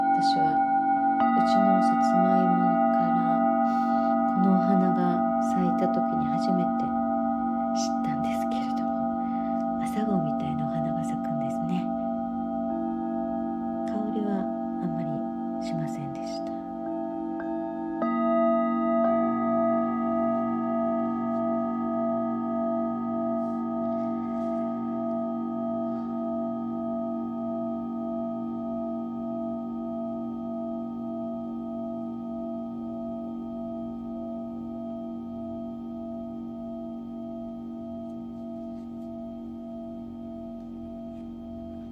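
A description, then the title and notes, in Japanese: Singing bowls ring with long, steady tones that hang and overlap, layered low and mid pitches humming together. A voice speaks over the first fifteen seconds or so, then a fresh strike near twenty seconds swells the ringing, which slowly fades to the end. 日曜の朝のメキシコより シンギングボウルのサウンドヒーリング。3000年の歴史のあるチベタンシンギングボウル。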